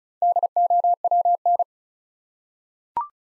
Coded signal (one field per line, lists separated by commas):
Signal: Morse code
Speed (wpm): 34 wpm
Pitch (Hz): 700 Hz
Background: none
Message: DOWN